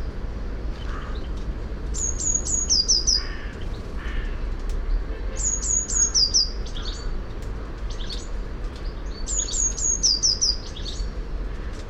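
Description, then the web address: Eurasian blue tit song: three high phrases about four seconds apart, each a few thin piping notes then a quick descending trill, over steady low rumbling background noise. "SETE data Cyanistes caeruleus"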